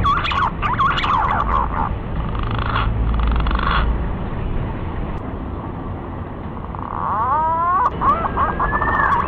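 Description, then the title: Green pigeon whistles, harmonic notes wavering near the start, then a series of rising, sliding whistles near the end, over a steady hiss of background noise. Lure call used to attract green pigeons. "Pikat Burung Punai"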